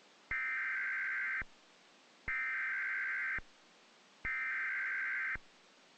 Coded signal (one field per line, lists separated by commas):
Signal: Emergency Alert System (SAME) tones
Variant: header bursts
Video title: EAS Tornado Warning - Emergency Alert System Simulation